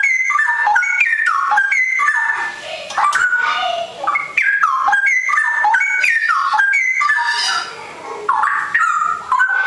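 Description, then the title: Oriental magpie-robin singing a fast, varied stream of rich whistles and slurred descending notes. "Kicau Kacer"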